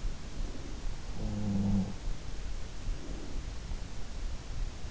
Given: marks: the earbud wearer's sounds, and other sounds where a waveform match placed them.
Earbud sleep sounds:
sounds in sleep by an in-ear microphone; breath
0.00-1.10 s: breath
0.86-2.51 s: sound from someone else or the room
2.80-3.80 s: breath

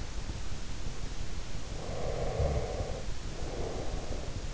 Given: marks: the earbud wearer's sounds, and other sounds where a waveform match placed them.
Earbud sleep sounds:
sounds in sleep by an in-ear microphone; breath
1.49-4.47 s: breath

